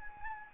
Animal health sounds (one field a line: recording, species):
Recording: mosquito wingbeat signal from an infrared sensor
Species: Anopheles arabiensis